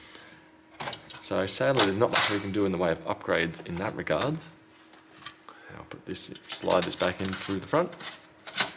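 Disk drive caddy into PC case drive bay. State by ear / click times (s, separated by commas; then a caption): not seated / none. A disk drive caddy is handled as it is slid back through the front into the drive bay of an HP ProDesk 400 G7 SFF PC case, with short knocks around 0.8–1.1 s and 5.2–5.5 s while someone talks. The caddy has not clicked into the bay yet; nothing has seated by the end of the clip.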